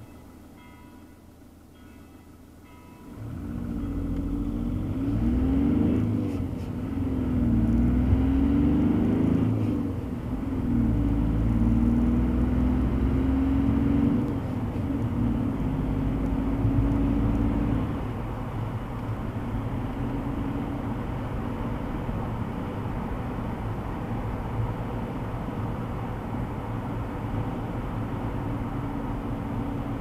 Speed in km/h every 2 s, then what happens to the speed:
0, 9, 27, 43, 51, 62, 71, 77, 79, 83, 85, 84, 83, 81, 81.
1-19 pulls away to 85. 19-30 steady at about 83.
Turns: none.